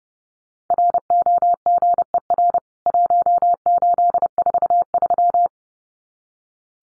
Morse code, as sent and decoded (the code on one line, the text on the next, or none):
.-. --- --. . .-. / .---- ---.. ....- ...--
ROGER 1843